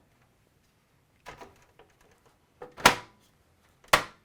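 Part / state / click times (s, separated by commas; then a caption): plastic top cover onto a PC case / seated / 2.9 s, 3.9 s. A plastic top cover is refitted onto a PC case, front edge first, then pressed down at the back. Soft rustling and light plastic knocks lead to two sharp snaps at 2.9 s and 3.9 s as the cover seats firmly in place.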